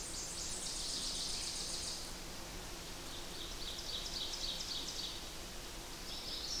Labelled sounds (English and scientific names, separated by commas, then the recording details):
Ovenbird (Seiurus aurocapilla) song
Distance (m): 85 m
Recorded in boreal forest in Alberta, Canada, on 8 June 2016 at 07:27
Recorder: SongMeter 3, array SBT-3-9
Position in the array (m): 51 m, 108 m
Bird 33